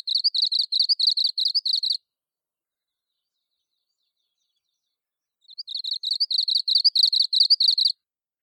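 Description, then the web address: Japanese leaf warbler singing: two bursts of quick, buzzy, repeated high phrases lasting about two seconds each, separated by silence. "mebosomushikui"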